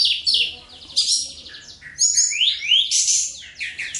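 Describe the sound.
Bird pouring out a dense, fast song of buzzy trills and high slurred notes, barely stopping over a few seconds.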